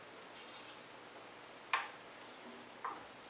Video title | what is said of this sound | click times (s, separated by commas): How To Use The Radial Arm Saw | it locks into place when it's perfectly parallel | 1.7 s, 2.8 s